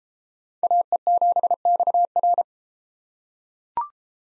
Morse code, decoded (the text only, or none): AE7XR